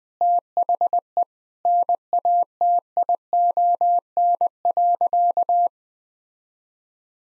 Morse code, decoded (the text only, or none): THE NATION.